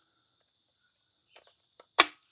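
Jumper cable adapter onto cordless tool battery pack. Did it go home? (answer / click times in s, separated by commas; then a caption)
yes / 2.0 s. A jumper cable adapter is slid onto a cordless power tool battery pack, a plastic-on-plastic slide connection, with faint scraping sounds around 1.4 s and 1.8 s. A sharp, loud latch click at 2.0 s follows as the adapter locks in place on the battery.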